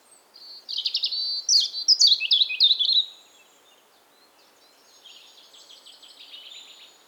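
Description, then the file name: European robin song: a quick, high warbling phrase of sliding trills and twitters for about two seconds, then a fainter, softer phrase trailing off. "Erithacus rubecula 240917"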